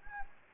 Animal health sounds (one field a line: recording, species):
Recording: mosquito wingbeat signal from an infrared sensor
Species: Anopheles gambiae